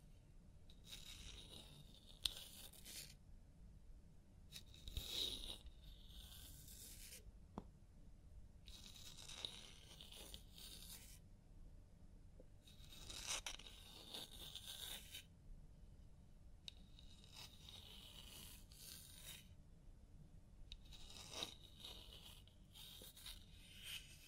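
Hair washing and scalp massage, heard as soft bursts of scratchy rubbing that come and go every few seconds, each lasting one to two seconds. Between them a quiet low rumble continues, with an occasional faint click or tap.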